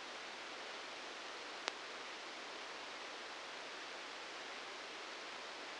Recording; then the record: brain microelectrode recording played as sound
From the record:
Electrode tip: outside the subthalamic nucleus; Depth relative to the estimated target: 0 mm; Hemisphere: left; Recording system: NeuroSet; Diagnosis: Parkinson's disease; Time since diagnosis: 19 years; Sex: female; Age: 69 years